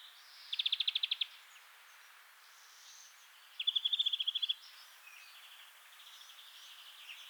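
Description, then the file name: European greenfinch giving two short, rapid rattling trills of evenly spaced high notes about three seconds apart, with softer, fainter notes between and after. "Chloris chloris"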